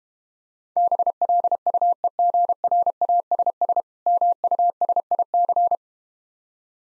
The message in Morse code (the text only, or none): BLUEGRASS MUSIC